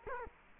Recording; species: mosquito wingbeat signal from an infrared sensor; Culex quinquefasciatus